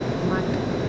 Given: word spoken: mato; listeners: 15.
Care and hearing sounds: one Spanish word in noise, from a listening test; speech-shaped noise; -4.4 dB; 1 of 15; 8 of 15; 0.49 s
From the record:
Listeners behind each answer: 8, 2, 2, 1, 1, 1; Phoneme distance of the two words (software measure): 27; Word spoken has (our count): 2 syllables, 4 phonemes, stress on syllable 1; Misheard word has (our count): 2 syllables, 5 phonemes, stress on syllable 1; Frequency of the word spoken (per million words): 4.30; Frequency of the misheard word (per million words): 65.31

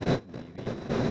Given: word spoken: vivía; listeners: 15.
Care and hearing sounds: one Spanish word in noise, from a listening test; noise modulated by one talker; -10.9 dB; 0 of 15; 11 of 15; 0.71 s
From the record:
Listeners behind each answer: 11, 2, 1, 1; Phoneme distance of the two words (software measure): 14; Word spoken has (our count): 3 syllables, 5 phonemes, stress on syllable 2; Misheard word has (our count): 2 syllables, 5 phonemes, stress on syllable 2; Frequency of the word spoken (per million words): 34.08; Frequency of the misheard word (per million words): 123.34

